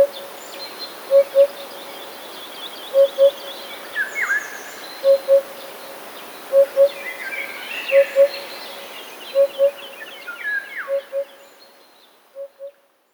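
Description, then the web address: Eurasian hoopoe hooting low paired 'oop-oop' notes repeatedly, while other small birds chirp and twitter higher up. "wroblowe kolekcja dudek"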